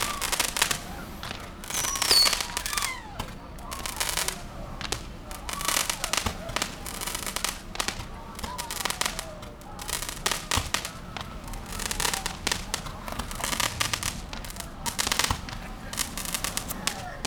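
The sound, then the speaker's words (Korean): Fireworks going off outside crackle and pop in a dense, irregular stream of sharp bursts that goes on without pause, with occasional louder bangs standing out from the steady rattle. “어 갑자기 저 불꽃놀이에 홀렸어.”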